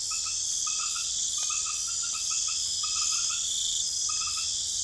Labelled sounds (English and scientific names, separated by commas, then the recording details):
none
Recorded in pastures near Puerto Asís, Putumayo, Colombia, on 28 February 2025 at 22:30
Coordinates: 0.505, -76.324
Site GP08